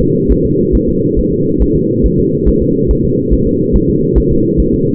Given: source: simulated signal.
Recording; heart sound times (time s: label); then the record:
fetal heart sounds
0.02 s: S2
0.31 s: S1
0.45 s: S2
0.75 s: S1
0.89 s: S2
1.19 s: S1
1.33 s: S2
1.62 s: S1
1.76 s: S2
2.06 s: S1
2.19 s: S2
2.49 s: S1
2.62 s: S2
2.91 s: S1
3.05 s: S2
3.33 s: S1
3.47 s: S2
3.76 s: S1
3.90 s: S2
4.18 s: S1
4.32 s: S2
4.60 s: S1
4.74 s: S2
From the record:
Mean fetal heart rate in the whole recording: 140 bpm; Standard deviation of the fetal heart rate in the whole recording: 2 bpm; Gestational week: 34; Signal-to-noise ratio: -11.2 dB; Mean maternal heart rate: 72 bpm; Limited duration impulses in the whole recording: present